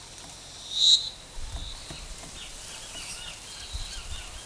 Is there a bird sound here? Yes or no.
no